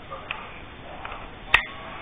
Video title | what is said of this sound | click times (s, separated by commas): MSA Installed on my Saiga | pops right in there | 1.5 s